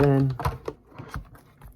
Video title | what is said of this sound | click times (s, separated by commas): Resmed S9 | Good push on the lid so it clicks back in place. Okay. | 1.1 s